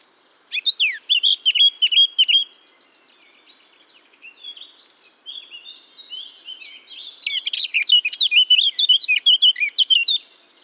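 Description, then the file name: Eurasian blackcap giving two bursts of fast, jumbled warbling with twisting whistled notes, separated by a softer, quieter passage of twittering. "Sylvia atricapilla"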